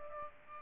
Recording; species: mosquito wingbeat signal from an infrared sensor; Aedes aegypti